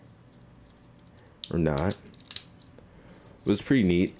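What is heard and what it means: Someone talks while handling the spring-loaded foot part of a MakeToys MTCD-03SP Thunder Erebus plastic transforming figure, with brief sharp handling ticks around 2.2 to 2.6 seconds between the speech. The part has not yet clicked into place or seated by the end of the clip.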